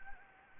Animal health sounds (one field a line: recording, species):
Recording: mosquito wingbeat signal from an infrared sensor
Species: Anopheles gambiae